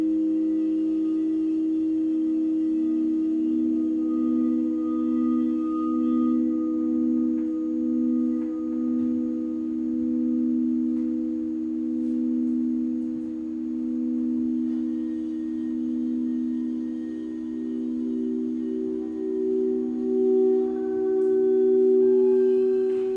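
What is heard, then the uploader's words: A sound bath of sustained singing bowl tones, low and steady, with a slow pulsing shimmer as the pitches beat against each other. The hum holds unbroken throughout, and near the end a slightly higher tone swells in with faint ringing overtones above. This is a LIVE 60 minute Sound Bath recorded at Common Bond Yoga in Springfield, OR.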